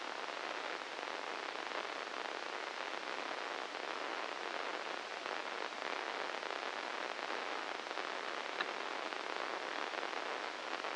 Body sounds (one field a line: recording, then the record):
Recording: brain microelectrode recording played as sound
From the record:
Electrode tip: inside the subthalamic nucleus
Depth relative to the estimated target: 0 mm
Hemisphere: right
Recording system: NeuroSet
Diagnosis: Parkinson's disease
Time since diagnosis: 10 years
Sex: male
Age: 56 years